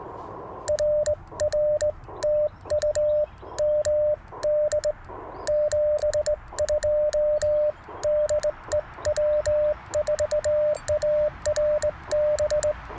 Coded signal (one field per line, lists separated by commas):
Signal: Morse code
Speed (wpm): 20 wpm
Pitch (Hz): 600 Hz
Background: none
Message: RR TU MD 72 DE W4ARB